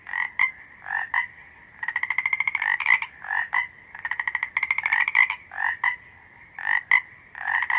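Frog chorus with overlapping croaks, bursts of fast pulsing rattles alternating with short twanging croaks, steady and dense throughout.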